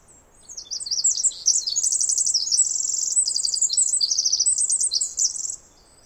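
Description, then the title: Pacific wren song: an energetic stream of high, bubbling trills and sharp chittering phrases, shifting rapidly between notes for about five seconds before stopping abruptly. Singing in trees above the microphone for about 20 minutes, then flying down closer; morning after a dawn chorus, May 11-13, 2018, while camping on the Snider Jackson/Rugged Ridge trail. "The very loud Pacific Wren"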